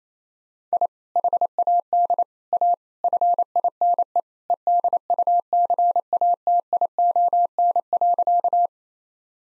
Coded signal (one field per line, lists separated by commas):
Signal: Morse code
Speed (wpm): 27 wpm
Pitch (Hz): 700 Hz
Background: none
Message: I HAD A FINE EDUCATION.